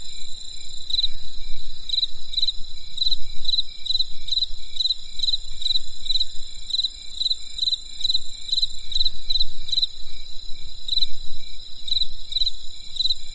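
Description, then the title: Insect chirping steadily, many pulsed chirps with a few short breaks, over a sustained shrill tone and faint low noise. Insects calling on a winter night in the countryside. "There was a crisp sound of insects in the winter night. Come and experience a sound therapy feast from the countryside"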